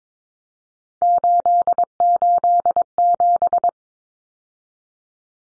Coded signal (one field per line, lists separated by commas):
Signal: Morse code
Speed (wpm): 22 wpm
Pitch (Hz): 700 Hz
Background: none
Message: 887